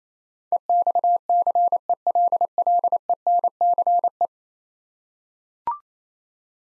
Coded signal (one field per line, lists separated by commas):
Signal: Morse code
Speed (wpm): 28 wpm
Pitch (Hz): 700 Hz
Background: none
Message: EXCELLENCE